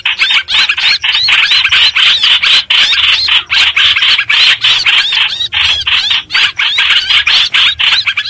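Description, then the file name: Streak-eared bulbul distress calling, a loud fast series of rasping chirps continuing throughout. Distress call, given while calling the flock. "Tieng chim trao trao keu cuu goi bay"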